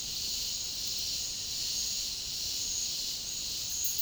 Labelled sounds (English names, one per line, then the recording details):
none
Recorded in dense forest near Puerto Asís, Putumayo, Colombia, on 19 February 2024 at 09:00
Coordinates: 0.485, -76.325
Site G6429